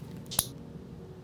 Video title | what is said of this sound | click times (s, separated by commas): Learning How to De-Access your Elastomeric Infusion Pump - Roswell Park Patient Education | there's the click that's it that click tells you the needle is locked in the safety position | 0.4 s